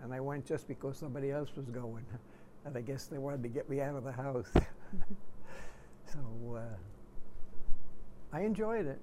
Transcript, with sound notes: And I went just because somebody else was going, and I guess they wanted to get me out of the house. [chuckles] So I enjoyed it